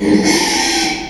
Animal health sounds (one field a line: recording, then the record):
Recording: squeal of a Yucatan mini pig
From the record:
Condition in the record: after surgery on the right vocal fold (resection and tissue-engineered implant)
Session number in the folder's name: 2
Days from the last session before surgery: 13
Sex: male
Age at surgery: 12 weeks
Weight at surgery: 13 kg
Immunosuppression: cyclosporine, prednisolone